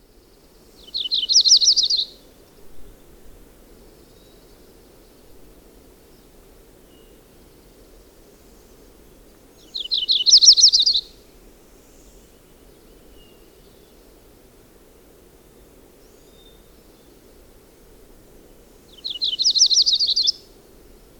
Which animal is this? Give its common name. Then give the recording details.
Yellow-rumped Warbler. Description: Audubon's Warbler song recorded on the Fern Lake Trail of Rocky Mountain National Park. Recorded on 10 June 2015